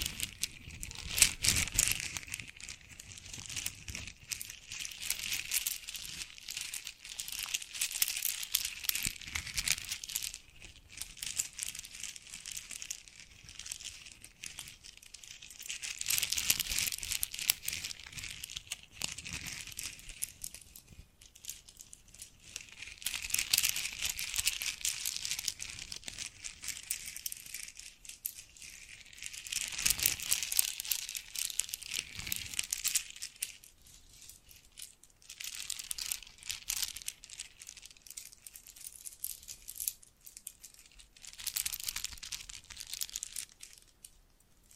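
Bracelets and jewelry boxes are handled in uneven bursts of bright crinkling, jingling and rattling, with brief quiet gaps between handling bouts.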